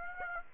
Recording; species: mosquito wingbeat signal from an infrared sensor; Aedes aegypti